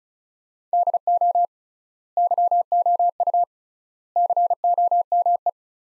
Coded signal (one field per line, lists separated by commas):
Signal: Morse code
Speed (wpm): 34 wpm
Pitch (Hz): 700 Hz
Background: none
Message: DO YOU COME